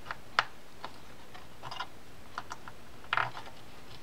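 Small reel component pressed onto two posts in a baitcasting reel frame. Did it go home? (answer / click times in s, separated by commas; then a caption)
no / none. While servicing a Quantum QD1420L Classic baitcasting reel, a small reel part is lined up on two posts in the reel frame. Light ticks and sharp handling taps are heard, loudest at about 0.4 s and 3.1–3.2 s. The clip ends just before the part is pressed home, so nothing has seated or snapped yet.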